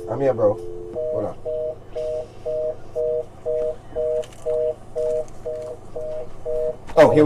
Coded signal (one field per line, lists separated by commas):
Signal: telephone call progress tone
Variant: North America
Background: speech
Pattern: reorder tone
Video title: The Eric Dawson (Talk Radio) Show: May 22, 2017